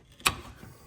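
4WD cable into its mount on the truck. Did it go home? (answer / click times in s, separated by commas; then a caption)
yes / 0.3 s. A new 4WD actuator cable end on an S10 Blazer is pushed into its mount on the truck. A faint tick is heard at 0.2 s, then a sharp, bright click at 0.3 s as the cable end snaps into place and is seated.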